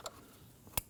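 A mass airflow sensor plug is clipped onto the sensor on the air cleaner box of a 2012-2016 Honda CR-V 2.4L L4. After a faint tick near the start and a quiet stretch, a loud, short snap is heard at 0.8 s. The plug clicks in and is seated.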